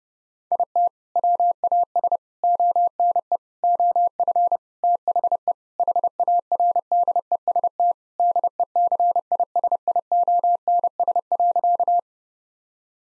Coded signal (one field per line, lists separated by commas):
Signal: Morse code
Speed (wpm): 30 wpm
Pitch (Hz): 700 Hz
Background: none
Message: IT WAS ONE OF THE HARDEST DECISIONS.